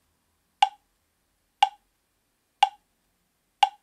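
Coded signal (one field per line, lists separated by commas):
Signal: none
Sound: bluetooth speaker pairing beeps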